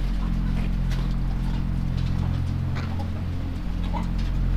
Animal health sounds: poultry house recording; sick chickens (respiratory disease)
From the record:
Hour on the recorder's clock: 0

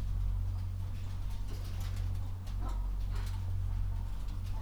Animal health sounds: poultry house recording; healthy chickens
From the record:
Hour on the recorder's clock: 22

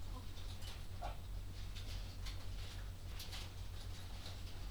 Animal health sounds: poultry house recording; sick chickens (respiratory disease)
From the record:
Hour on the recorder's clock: 22

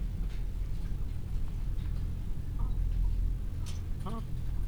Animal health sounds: poultry house recording; sick chickens (respiratory disease)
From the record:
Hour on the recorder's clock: 15

